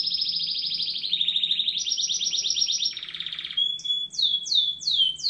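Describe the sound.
Bird singing long buzzy trilled notes held at a steady pitch that step up and down. A few sharp descending swept whistles follow near the end.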